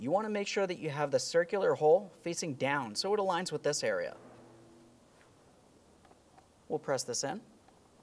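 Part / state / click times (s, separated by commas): seat switch knob onto power seat switch in seat side trim panel / not seated / none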